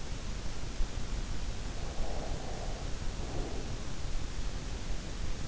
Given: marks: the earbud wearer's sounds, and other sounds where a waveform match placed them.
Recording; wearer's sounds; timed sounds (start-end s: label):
sounds in sleep by an in-ear microphone; breath
1.54-4.25 s: breath